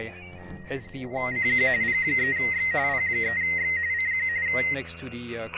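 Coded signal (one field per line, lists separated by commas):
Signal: RTTY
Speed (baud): 45.45 baud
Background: speech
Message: CQ P3X P3X CQ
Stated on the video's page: Portable JS8Call data operation through an RT-320/PRC-320 radio with a homemade data cable.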